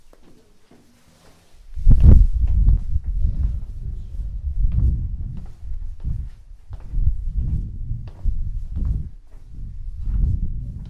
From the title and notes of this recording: Prague walk from Castle to Charles bridge & both towers. Walking at Prague, the capital and largest city in the Czech Republic. This walk starts at Prague Castle ending at Charles bridge by visiting both towers found at each side of Charles bridge.